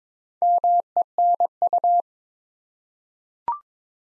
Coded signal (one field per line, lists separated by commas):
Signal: Morse code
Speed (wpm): 22 wpm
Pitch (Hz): 700 Hz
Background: none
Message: MENU